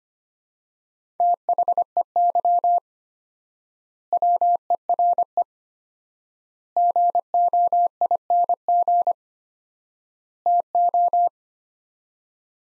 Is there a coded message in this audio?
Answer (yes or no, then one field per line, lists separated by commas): yes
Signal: Morse code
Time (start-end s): 1.2-11.3 s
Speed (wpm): 25 wpm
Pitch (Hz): 700 Hz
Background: none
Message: THEY WERE GOING TO